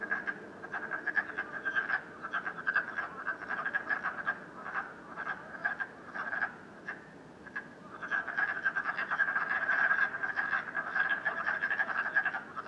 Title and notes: Frogs, Night, Canada, COVID19, Ranas, Noche, Canada, COVID19. Ranas croando por la noche